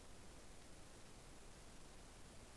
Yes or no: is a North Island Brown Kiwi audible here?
no